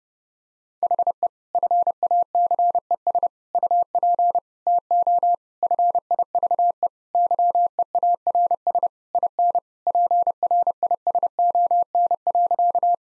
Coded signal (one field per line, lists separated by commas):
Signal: Morse code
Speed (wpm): 30 wpm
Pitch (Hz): 700 Hz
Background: none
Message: HE FACES UP TO FIVE YEARS IN PRISON.